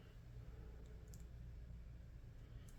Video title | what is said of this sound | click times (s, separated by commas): SAMSUNG: NEW TECH STUFF | I guess it's not clicking in. | none